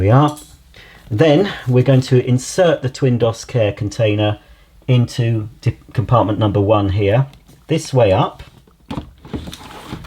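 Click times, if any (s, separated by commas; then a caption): 9.5 s. A plastic TwinDos Care container is inserted the right way up into compartment 1 of a Miele washing machine's TwinDos detergent dispenser while someone talks. After a few soft handling knocks, a sharp click at 9.5 s marks the container seating in position.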